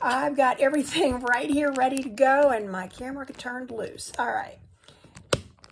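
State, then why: Seated. A camera that had come loose from its overhead mount above a work area is re-attached to it. Someone talks for most of the clip, then a few soft taps are heard before a sharp click at 5.3 s as the camera seats into the mount.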